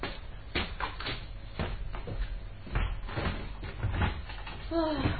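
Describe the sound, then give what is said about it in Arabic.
A key rattles and clicks in a lock through several sharp knocks and clunks, then a door creaks open with a short rising squeak at the end. “هذا هو المفتاح؟ افتح الباب يا عزيزي، بينما ألقي نظرة أخيرة على السماء.”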